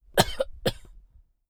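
Two coughs from an adult.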